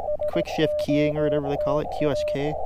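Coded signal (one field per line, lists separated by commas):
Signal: Morse code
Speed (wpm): 17 wpm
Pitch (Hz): 600 Hz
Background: speech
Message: SOTA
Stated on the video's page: Summit activation with Elecraft KX2 and Chameleon MPAS Lite vertical; poor band conditions, weak stations pulled from the noise.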